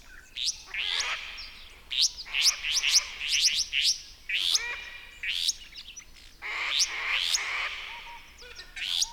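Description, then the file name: Restless flycatcher: quick series of raspy, rising notes in irregular bursts, with a longer buzzy section midway and faint calls of other birds. "Myiagra Inquieta"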